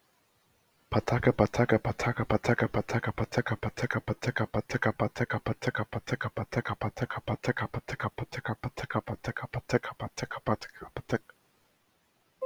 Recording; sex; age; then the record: repeated syllables /pa ta ka/; male; 50 to 59 years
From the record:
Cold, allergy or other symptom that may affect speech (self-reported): no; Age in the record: 52 years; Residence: Massachusetts, United States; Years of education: 12